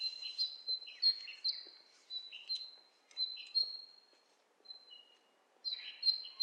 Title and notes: bird dialogs. lo-fi recording of two birds interacting